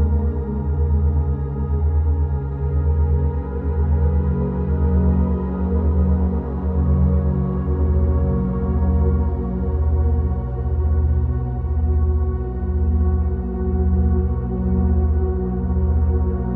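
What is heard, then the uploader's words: Binaural beat drone of low, steady sustained tones with a slow regular pulsing throbbing, a bowl-like hum, and a slight shift near eight seconds. Calming, relaxing Binaural Beats Delta Waves instrumental music for meditation, yoga, stress relief, focus.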